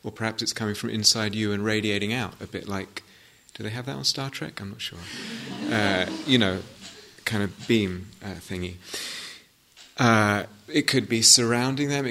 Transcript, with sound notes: Or perhaps it's coming from inside you and radiating out a bit like -- do they have that on Star Trek? I'm not sure. [laughter] You know, a kind of beam thingy. It could be surrounding them.